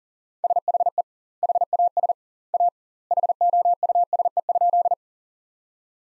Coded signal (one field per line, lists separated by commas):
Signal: Morse code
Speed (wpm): 40 wpm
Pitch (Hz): 700 Hz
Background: none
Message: SHE HAS A HOUSE?